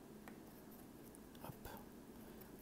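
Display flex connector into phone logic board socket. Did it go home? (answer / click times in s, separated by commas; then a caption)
no / none. The display flex connector of an iPhone 6S that shows no picture is pressed onto its socket on the logic board, an unusual-looking socket. Only faint, quiet handling noise is heard, and the connector has not clicked or seated.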